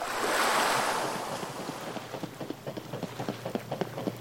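water lapping

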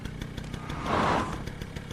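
car engine running

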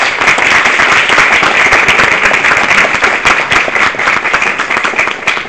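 audience applause

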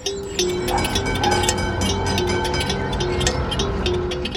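tram running on rails

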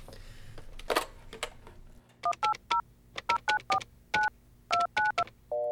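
telephone dialing tones

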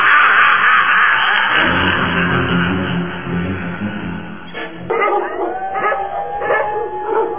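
dogs barking and howling

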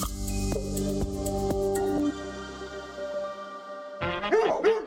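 dog barking

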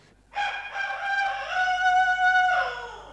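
rooster crowing

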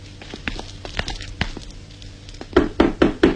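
knocking on a door

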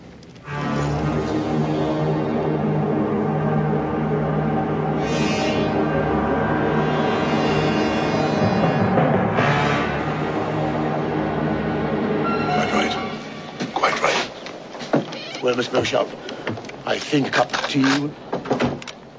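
moving train

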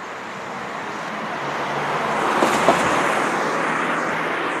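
car passing by outside

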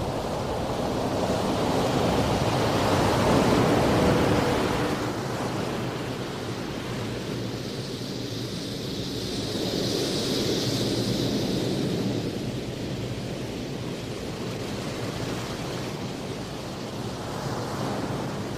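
wind blowing

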